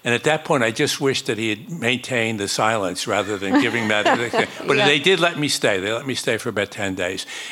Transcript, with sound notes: And at that point, I just wished that he had maintained the silence rather than giving that.
(Laughter) Yeah.
But they did let me stay. They let me stay for about 10 days.